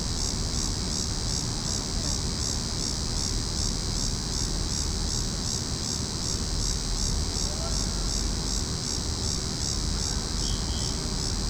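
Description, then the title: Cicadas in a steady, shrill pulsing drone with a low rumble behind. Several cicadas calling in a tree. "neoscenes: cicadas in tree"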